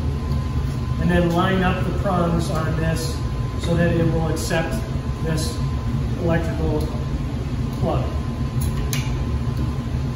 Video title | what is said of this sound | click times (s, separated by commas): Filtration and Maintenance for Rain Cistern Systems | push it down until we hear it click into place and then we'll re-energize the | 8.9 s